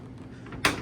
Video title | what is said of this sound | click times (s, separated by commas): How to mount fiberglass doors (atleast how i did it 🤷🏼‍♂️) | one click and two clicks | 0.5 s, 0.7 s